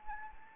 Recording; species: mosquito wingbeat signal from an infrared sensor; Anopheles arabiensis